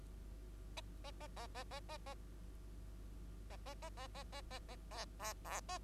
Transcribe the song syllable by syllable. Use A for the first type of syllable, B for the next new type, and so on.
A A A A A A A A A A A A A A A A A B B A